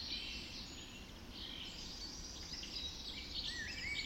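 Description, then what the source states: Birds in a dawn chorus: many overlapping high twittering and whistled songs, with bright rising notes near the end, over steady low rumbling background noise. Dawn chorus recorded just after dawn in the Forest of Dean.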